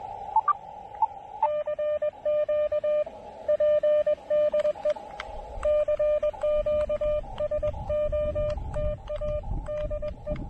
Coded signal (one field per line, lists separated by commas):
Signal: Morse code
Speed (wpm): 21 wpm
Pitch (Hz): 600 Hz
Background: radio noise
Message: CQ P DE CQ SOTA DE